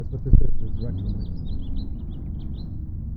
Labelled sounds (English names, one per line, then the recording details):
House Finch song
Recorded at Atlantic Beach West on Long Island, New York, on 2 June 1975
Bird B